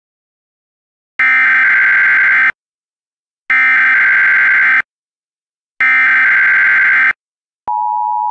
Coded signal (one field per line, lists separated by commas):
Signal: Emergency Alert System (SAME) tones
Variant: header bursts